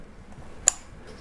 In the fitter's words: great now at connector you push it in you hear a click listen now